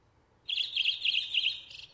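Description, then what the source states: Redwing song, one fast chattering phrase of high chirps that fades out at the end, otherwise quiet. Featured as the nature sound of the week.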